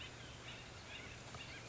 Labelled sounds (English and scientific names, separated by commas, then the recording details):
Acorn Woodpecker (Melanerpes formicivorus)
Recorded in Sonoma County, California